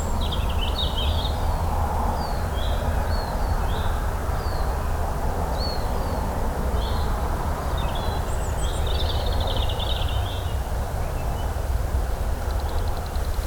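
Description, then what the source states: Birds chirp in short, high, thin bursts, a few twittering phrases coming and going over a steady loud low rumbling background noise. Recorded in the Lake District.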